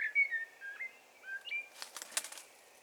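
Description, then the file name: Common blackbird singing fluted whistles in a short warbling phrase, followed by a brief burst of dry clicking sounds. "Turdus merula"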